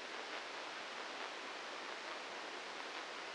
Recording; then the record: brain microelectrode recording played as sound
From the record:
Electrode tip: inside the subthalamic nucleus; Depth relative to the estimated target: -4 mm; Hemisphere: right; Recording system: NeuroSet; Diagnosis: Parkinson's disease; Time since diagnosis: 8 years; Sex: male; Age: 59 years